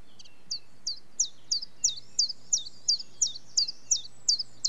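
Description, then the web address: Chiffchaff singing a long run of sharp, high, evenly spaced notes, with a low steady hum behind. Slightly windy day; British birds collection. "Complete 60 CDs Collection Sound Effects Library. Chiffchaff"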